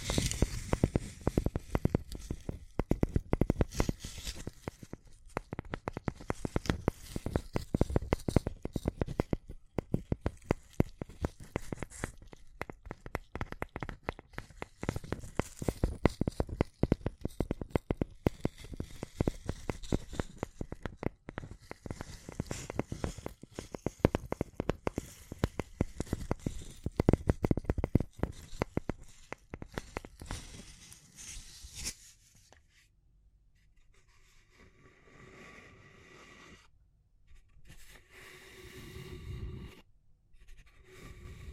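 Rapid tapping and scratching runs densely for about the first thirty seconds, a busy stream of crisp clicks and rough scrapes with a low thudding undertone. After that it thins out to quieter, scattered rubs and a few soft taps with short pauses.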